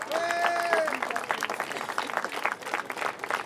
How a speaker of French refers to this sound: Applaudissements